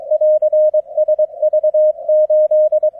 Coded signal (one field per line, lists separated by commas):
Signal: Morse code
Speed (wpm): 23 wpm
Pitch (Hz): 620 Hz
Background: none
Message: <AR> SV8